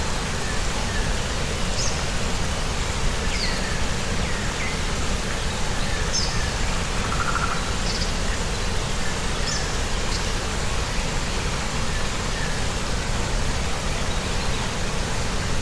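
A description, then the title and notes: A waterfall pours in a thick, unbroken roar that stays level from start to finish, heavy in the low end and filling every register. Faint, high bird chirps poke through every couple of seconds, with a brief soft call near the middle. Tropical Waterfall: Water & Jungle Sounds.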